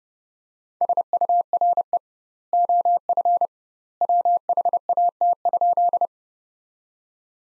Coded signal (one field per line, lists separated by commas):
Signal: Morse code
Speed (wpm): 30 wpm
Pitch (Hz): 700 Hz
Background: none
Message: SURE OF WHAT?